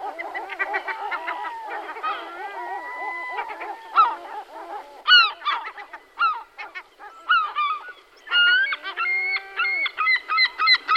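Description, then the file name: European herring gull calls: several birds give overlapping laughing series and drawn-out mewing wails, with sharp yelps scattered through and louder bursts near the end. "racek-stříbřitý"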